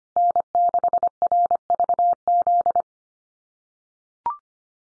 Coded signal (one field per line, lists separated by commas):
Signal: Morse code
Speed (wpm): 25 wpm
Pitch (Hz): 700 Hz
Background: none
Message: N6RVZ